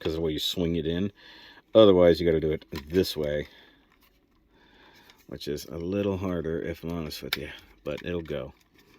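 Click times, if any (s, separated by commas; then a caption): none. Someone talks while handling a plastic body panel on a Moon Studios MS-02 Ice Land transforming toy robot, swinging it in toward the torso to close it so it will lock into place. Only faint handling sounds come through the quiet pause between the talking. The panel has not seated or clicked yet.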